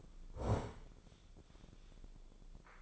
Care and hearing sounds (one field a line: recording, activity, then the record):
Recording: daily activity, microphone in the room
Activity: sit down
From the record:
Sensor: 5